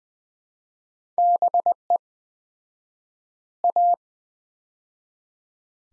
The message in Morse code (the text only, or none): BE A